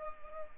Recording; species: mosquito wingbeat signal from an infrared sensor; Culex pipiens